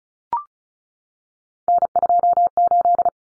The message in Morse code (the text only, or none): N28